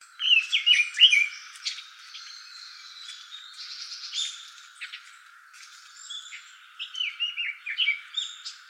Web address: birdenaga sousityou